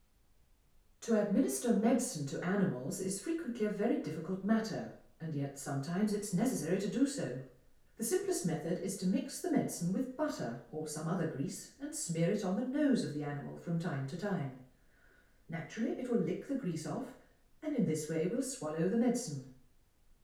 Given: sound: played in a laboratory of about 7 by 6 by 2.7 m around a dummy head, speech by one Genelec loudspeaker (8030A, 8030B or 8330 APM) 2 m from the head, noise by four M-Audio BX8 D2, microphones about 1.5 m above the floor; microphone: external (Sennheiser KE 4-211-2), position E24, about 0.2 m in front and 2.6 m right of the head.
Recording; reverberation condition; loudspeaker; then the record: female speech in English; medium; 120 degrees to the left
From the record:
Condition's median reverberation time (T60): about 510 ms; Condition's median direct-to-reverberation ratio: about -0.5 dB